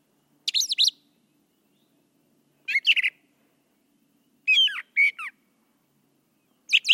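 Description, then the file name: Brown thrasher song of short, varied, scratchy high phrases given about every two seconds, some doubled, over a faint low hum. "suara kicauan brown thrasher. omkicau"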